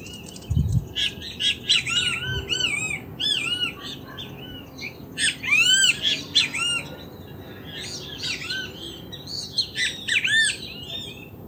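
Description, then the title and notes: Several great kiskadees calling almost continuously with shrill, arched, squawking notes that overlap in lively clusters, plus a couple of low thuds early on. Ambient recording of several great kiskadees calling near the Iyuí stream, Casavalle, Montevideo, Uruguay, on 7 October 2019. "Benteveos de Casavalle. Sonido ambiente con canto de Benteveos. Recopilado el 7 de octubre de 2019 en las inmediaciones de la cañada Iyuí (Casavalle, Montevideo - Uruguay)"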